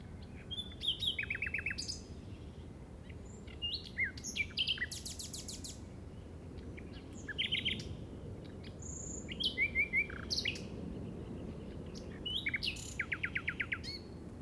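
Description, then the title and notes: Common nightingale song: varied phrases of rapid trills, buzzy rattles and whistles separated by short pauses, continuing throughout. Recorded in the Llobregat Delta at 06:00 on 8 May 2015 with a Zoom recorder. "Grabación de ruiseñor común (Luscinia megarhynchos) en el Delta del Llobregat a las 06:00 del 08/05/2015."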